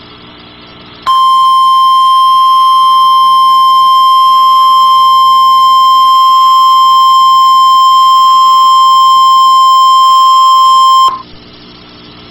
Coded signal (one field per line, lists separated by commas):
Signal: Emergency Alert System (SAME) tones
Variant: 1050 Hz attention tone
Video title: Real NOAA Weather Radio EAS Alert #325